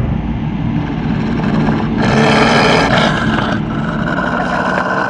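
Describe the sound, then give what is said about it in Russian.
A deep, muffled roar from behind a rock, the voice of Shere Khan, rumbles low and steady, swelling louder and brighter for a second or so in the middle before settling back into a dull growling drone. No voices. “Глухой рев донес из-за скалы.”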